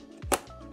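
A memory stick is pressed down on its right end into a motherboard DIMM slot until the slot's plastic clip latches. A faint tap at 0.2 s is followed by a sharp click at 0.3 s, with low background hum throughout. The stick is seated, its right-side latch clicking in.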